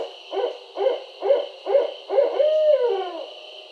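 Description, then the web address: Barred owl hooting: five evenly spaced hoots about half a second apart, then a long drawn-out hoot that drops in pitch, with a steady high hum underneath. Recorded 4 October 2011. "Barred Owl 2011 10 04"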